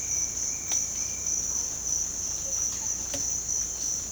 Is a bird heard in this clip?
no